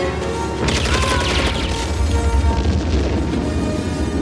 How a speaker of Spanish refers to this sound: Marion sigue disparando. Indy rueda por el suelo esquivando las ruedas del avión y Marion lanza una ráfaga que alcanza un polvorín.